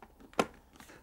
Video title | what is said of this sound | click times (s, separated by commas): How to change a visor: HJC RPHA-12 motorcycle helmet | It takes quite a bit of force sometimes, so I'll pull that forward and you should hear a faint click to show that it's locked in place. | 0.4 s